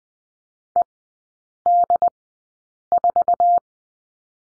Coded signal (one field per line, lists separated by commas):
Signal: Morse code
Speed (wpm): 20 wpm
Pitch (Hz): 700 Hz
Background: none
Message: ED4